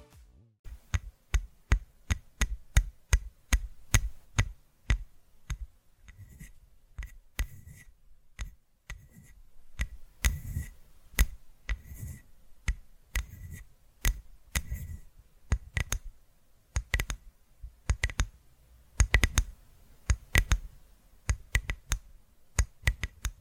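ASMR tapping: a steady run of sharp, crisp taps, several each second, some landing as dull low knocks and others as bright clicks. From about six seconds on, a faint thin tone rings under many of the taps, and the rhythm stays busy throughout.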